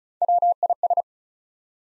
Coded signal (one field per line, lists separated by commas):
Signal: Morse code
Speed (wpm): 36 wpm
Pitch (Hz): 700 Hz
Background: none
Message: WIS